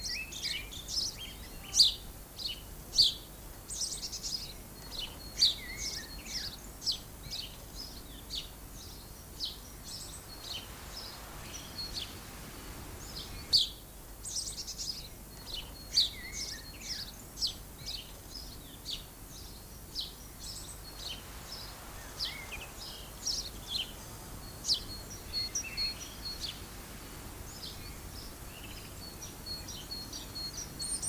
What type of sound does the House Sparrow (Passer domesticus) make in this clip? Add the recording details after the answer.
song. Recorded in the wild. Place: Lübars, Berlin, DE. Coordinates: 52.6167, 13.35. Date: 2004-04-04 13:32. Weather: overcast, 14°C. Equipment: Fair Mate ST-1328 (Asahi Electronics, Japan), Sennheiser ME 80, Kopie Uher 4000 Report Monitor. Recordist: Tembrock, Günter